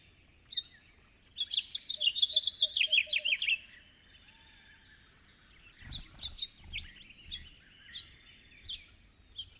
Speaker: Another common twilight singer is the house finch, whose rollicking warbles are heard here, along with the distant toots of a western screech owl.